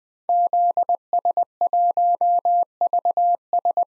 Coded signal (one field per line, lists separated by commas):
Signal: Morse code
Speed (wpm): 21 wpm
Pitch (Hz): 700 Hz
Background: none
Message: ZS1VS